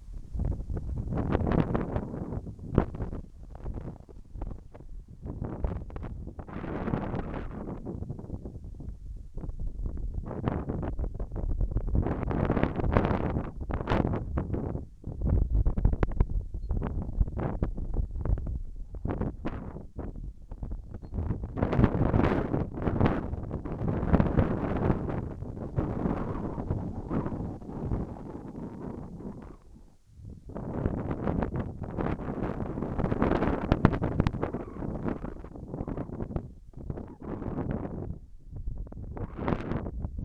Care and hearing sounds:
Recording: everyday scene through a hearing-aid microphone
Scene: wind on the microphone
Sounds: wind, whistling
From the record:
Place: in front of a rural house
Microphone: behind the ear, left, front

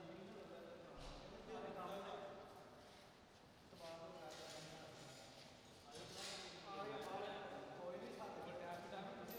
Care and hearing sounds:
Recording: everyday scene through a hearing-aid microphone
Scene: reverberant space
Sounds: background noise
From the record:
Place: railway station hall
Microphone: in the ear canal, right

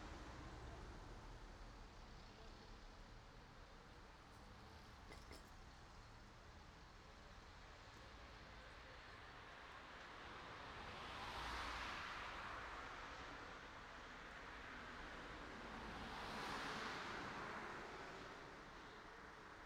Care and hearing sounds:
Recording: everyday scene through a hearing-aid microphone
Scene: in traffic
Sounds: traffic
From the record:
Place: city secondary road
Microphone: in the ear canal, right

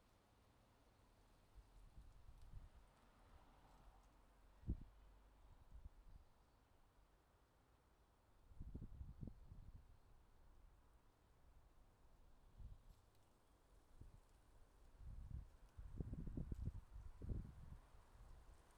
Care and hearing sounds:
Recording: everyday scene through a hearing-aid microphone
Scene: wind on the microphone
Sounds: wind, traffic, birds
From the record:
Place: suburban garden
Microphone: in the ear canal, left

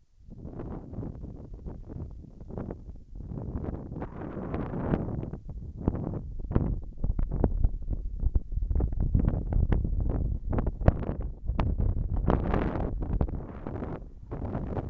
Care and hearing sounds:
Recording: everyday scene through a hearing-aid microphone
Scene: wind on the microphone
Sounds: wind, whistling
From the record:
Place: in front of a rural house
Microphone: behind the ear, left, front

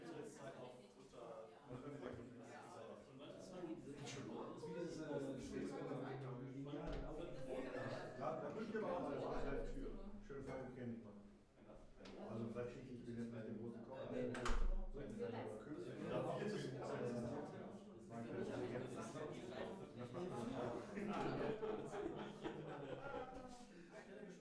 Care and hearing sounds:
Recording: everyday scene through a hearing-aid microphone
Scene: many people talking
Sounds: many voices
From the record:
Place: bistro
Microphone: behind the ear, left, front

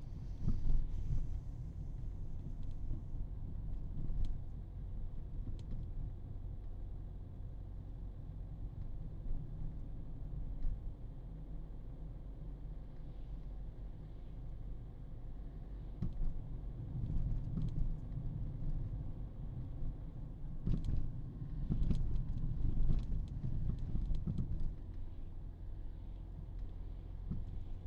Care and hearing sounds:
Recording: everyday scene through a hearing-aid microphone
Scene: in a vehicle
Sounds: engine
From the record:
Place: Berlingo II, diesel engine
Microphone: in the ear canal, right

